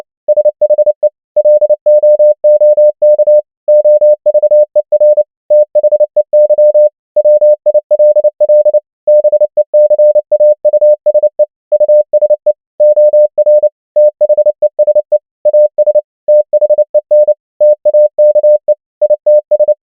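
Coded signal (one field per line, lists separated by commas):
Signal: Morse code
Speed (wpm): 29 wpm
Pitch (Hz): 600 Hz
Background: none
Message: SHE LOOK OVER THEY WILL BECAUSE USE OR THESE AS THEN TAKE ITS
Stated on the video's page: Morse practice of common English words at 29 wpm.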